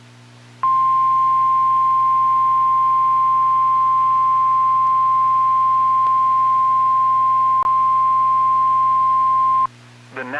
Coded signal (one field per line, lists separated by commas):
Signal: Emergency Alert System (SAME) tones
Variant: 1050 Hz attention tone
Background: speech